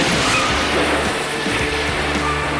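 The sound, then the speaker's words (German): A steady, continuous rush of a private car driving on the way to work, a low engine rumble under a broad hiss of road and wind, holding an even loudness with no voices. “Wir beobachten Franz K. Quacks auf dem Weg zur Arbeit mit seinem Privat-Pkw.”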